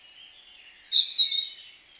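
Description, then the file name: European robin song phrase: a thin, high drawn-out whistle, then a brief bright jumbled twitter. "Erithacus rubecula"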